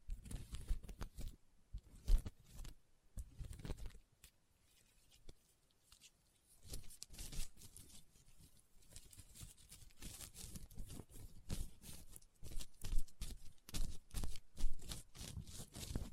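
Leather being tapped and scratched in short bursts, with near silence in between early on. After about six seconds the scratching grows denser and brighter, rubbing strokes running into one another with firmer taps, while the opening seconds hold dull, low thumps.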